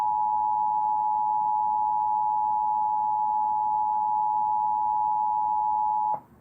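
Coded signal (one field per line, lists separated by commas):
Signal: Emergency Alert System (SAME) tones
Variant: 853 and 960 Hz attention tone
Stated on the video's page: Child abduction emergency originated by the National Weather Service and relayed to radio and TV stations.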